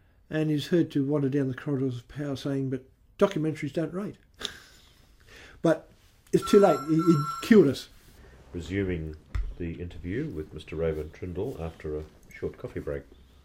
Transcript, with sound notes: And he was heard to wander down the corridors of power saying ‘documentaries don’t rate’, but it was too late, he’d killed us.
[phone rings] Resuming the interview with Mr Raeburn Trindall after a short coffee break.